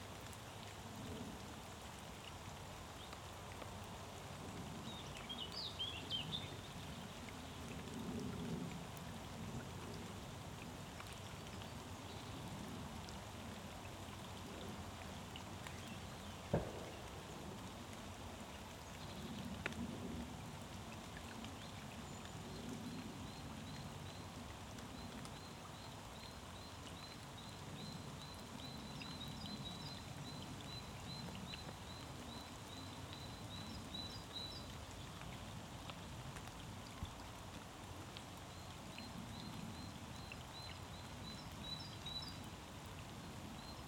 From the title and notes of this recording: Clowes Wood, The Blean, Kent - Rain. Light rain falling into a pond. SD744T & BP4025 in Rycote.